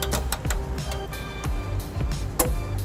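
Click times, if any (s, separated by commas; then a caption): 2.4 s. A torque wrench set to 48 ft-lb tightens an M10 trailer hitch bolt into the frame of a 2020 Kia Sorento, with ratcheting and background noise throughout. The wrench gives a sharp click at 2.4 s as the setting is reached, confirming the bolt is torqued.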